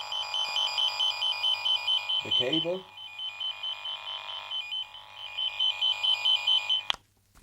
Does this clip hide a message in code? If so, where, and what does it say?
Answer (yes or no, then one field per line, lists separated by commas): no